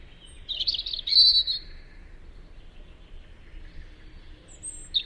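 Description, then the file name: European robin song: a short burst of high, thin warbling notes near the start, then a quiet pause and a brief high phrase at the end, over faint low background noise. "Tomas Belka - Zaryanka Erithacus rubecula"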